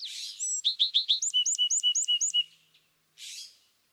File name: California Thrasher